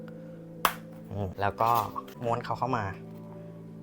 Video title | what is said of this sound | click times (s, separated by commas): สอนประกอบและตั้งค่าไฟ LED Floor Lamp (Surplife) | กดให้มันเข้าล็อคหน่อยนะบางทีมันเข้าล็อยากอนี่ | 0.6 s